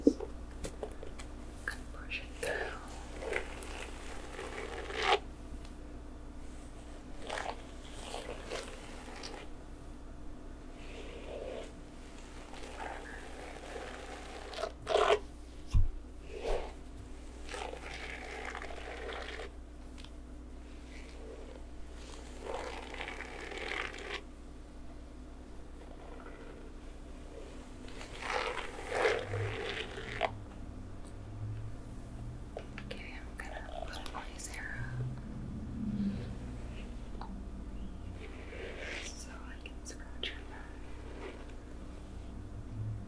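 Hair being played with and a back scratched: soft brushing and scratching strokes come in bursts over a steady low hum, with sharper taps near fifteen seconds.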